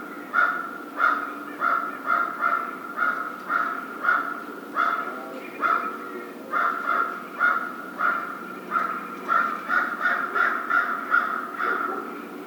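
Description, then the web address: American crow delivering a long string of raspy caws, with several quicker caws bunched together near the end. Recorded 1 February 2010. "Crow 2010 02 01 American Crow"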